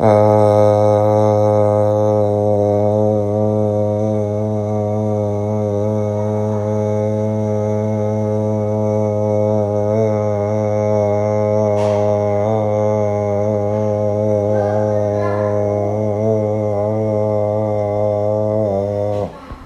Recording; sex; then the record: sustained vowel /a/; male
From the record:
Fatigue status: no fatigue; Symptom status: symptomatic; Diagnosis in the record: COVID-19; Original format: m4a